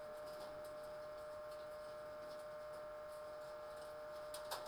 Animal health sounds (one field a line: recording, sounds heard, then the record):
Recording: poultry house recording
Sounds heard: no chicken sound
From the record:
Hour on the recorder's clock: 21